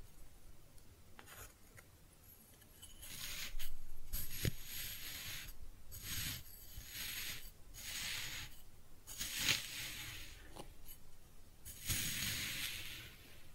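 Kinetic sand being cut and scooped, with repeated soft gritty rasping strokes, each lasting a second or so, plus occasional sharp clicks.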